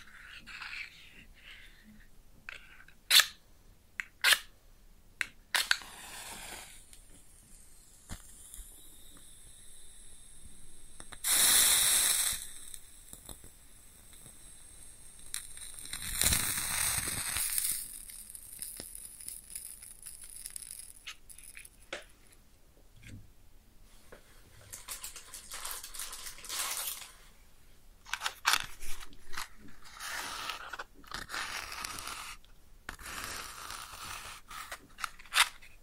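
A match is struck and lit, with sharp clicks and crackles scattered through. Bright hissing bursts flare around 11 and 16 seconds, and between them a quiet sizzle holds steady. Later come dense clusters of small pops and crackles, with sharp snaps near 3, 6 and 28 seconds.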